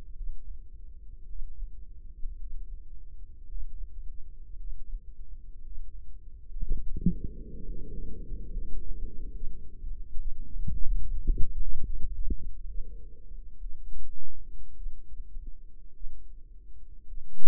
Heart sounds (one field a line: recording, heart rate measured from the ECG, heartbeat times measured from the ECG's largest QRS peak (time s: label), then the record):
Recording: heart sounds by microphone in the right ear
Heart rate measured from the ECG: 60 bpm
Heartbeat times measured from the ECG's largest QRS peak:
0.13 s: heartbeat
1.25 s: heartbeat
2.37 s: heartbeat
3.47 s: heartbeat
4.56 s: heartbeat
5.62 s: heartbeat
6.65 s: heartbeat
7.62 s: heartbeat
8.51 s: heartbeat
9.33 s: heartbeat
10.15 s: heartbeat
11.00 s: heartbeat
11.85 s: heartbeat
12.67 s: heartbeat
13.59 s: heartbeat
14.75 s: heartbeat
15.93 s: heartbeat
17.06 s: heartbeat
From the record:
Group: healthy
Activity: breath hold 0-7 s, rest 7-18 s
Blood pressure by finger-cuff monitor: 96/62 mmHg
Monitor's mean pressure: 74 mmHg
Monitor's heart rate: 55 bpm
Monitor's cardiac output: 4.5 L/min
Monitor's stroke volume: 82 mL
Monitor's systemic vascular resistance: 1120 dyn s/cm5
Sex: female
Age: 28 years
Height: 170 cm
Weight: 77 kg